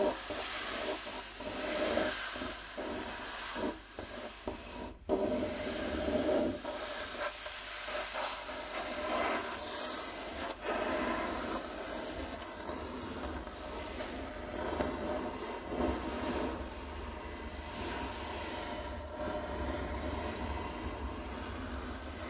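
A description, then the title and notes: Rubbing and scratching on a wooden table, a dense, continuous scraping with a rough hiss across bright and low ranges. The pattern keeps shifting, with short strokes and sharper bursts around 5 and 10 seconds, then a steadier, smoother rub toward the end. ASMR Rubbing & Scratching on a Wooden Table Changing Patterns (NO TALKING).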